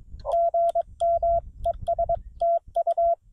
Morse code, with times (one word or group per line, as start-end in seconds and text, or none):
0.3-1.4 GM
1.7-2.2 ES
2.4-3.1 TU